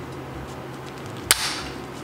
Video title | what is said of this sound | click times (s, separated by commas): Caterham LED Headlights | there we go clicked into place | 1.3 s